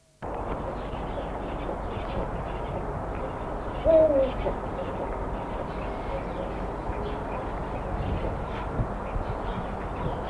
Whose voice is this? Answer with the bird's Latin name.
Bubo bubo